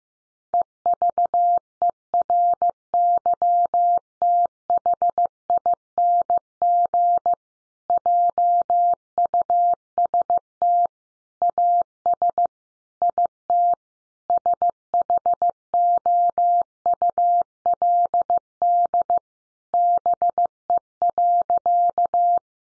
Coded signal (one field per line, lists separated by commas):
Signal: Morse code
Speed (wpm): 15 wpm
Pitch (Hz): 700 Hz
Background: none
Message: EVERYTHING JUST AS IT SHOULD BE.